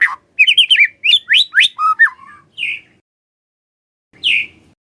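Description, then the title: White-rumped shama: a quick string of looping whistled notes, a lower slurred phrase, a short note, then silence broken by one last whistle. White-rumped shama whistling used as a lure to make lazy birds start singing. "PANCINGAN MURAI BATU. SIULAN MURAI BATU❗ PANCINGAN MURAI MALAS AGAR BUNYI❗❗"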